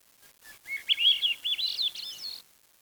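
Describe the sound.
Bird song, a quick chattering warble of high, slurred notes that dip and rise for nearly two seconds.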